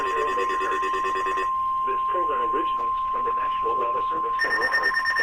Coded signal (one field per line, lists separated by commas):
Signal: Emergency Alert System (SAME) tones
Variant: 1050 Hz attention tone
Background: speech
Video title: Required Weekly Test (EAS 121 - 123)